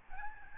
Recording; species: mosquito wingbeat signal from an infrared sensor; Aedes albopictus